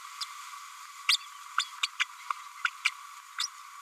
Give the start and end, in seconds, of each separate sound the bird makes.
0.21-0.25, 1.08-1.17, 1.57-1.64, 1.82-1.88, 1.99-2.05, 2.64-2.70, 3.39-3.47